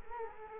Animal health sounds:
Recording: mosquito wingbeat signal from an infrared sensor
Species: Culex quinquefasciatus

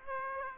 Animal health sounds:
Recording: mosquito wingbeat signal from an infrared sensor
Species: Aedes aegypti

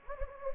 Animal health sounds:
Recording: mosquito wingbeat signal from an infrared sensor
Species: Anopheles gambiae

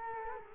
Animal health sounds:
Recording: mosquito wingbeat signal from an infrared sensor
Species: Culex quinquefasciatus

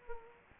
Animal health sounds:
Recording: mosquito wingbeat signal from an infrared sensor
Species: Culex quinquefasciatus

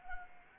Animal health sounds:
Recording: mosquito wingbeat signal from an infrared sensor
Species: Anopheles gambiae

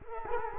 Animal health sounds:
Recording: mosquito wingbeat signal from an infrared sensor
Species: Culex quinquefasciatus

